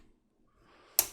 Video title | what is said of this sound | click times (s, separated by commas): Nemesis Reviews Studio Series 86 Ultra Magnus | click that in place and then bring it up and then click this into place right there these bits right here will tab together | 1.0 s